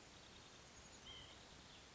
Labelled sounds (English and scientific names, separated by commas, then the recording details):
White-breasted Nuthatch (Sitta carolinensis)
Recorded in Sonoma County, California